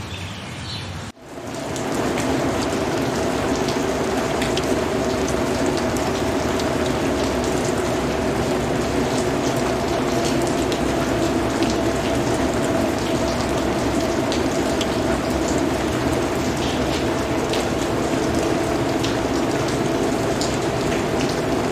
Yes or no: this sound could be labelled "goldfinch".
no